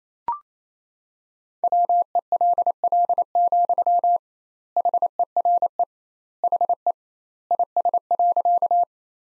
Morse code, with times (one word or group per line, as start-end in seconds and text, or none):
1.6-4.2 WELL,
4.8-5.8 HERE
6.4-6.9 HE
7.5-8.8 IS.